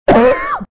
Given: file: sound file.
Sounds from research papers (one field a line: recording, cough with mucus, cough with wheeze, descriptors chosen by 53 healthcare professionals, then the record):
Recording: cough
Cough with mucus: no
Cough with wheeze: yes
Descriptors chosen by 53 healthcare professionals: barking 30, wheezy 26, dry 22, hoarse 18, bovine 8, brassy 6, rattling 4, productive 3, loose 1, moist 1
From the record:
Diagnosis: asthma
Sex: female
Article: The description of cough sounds by healthcare professionals